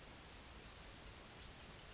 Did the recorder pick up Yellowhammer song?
yes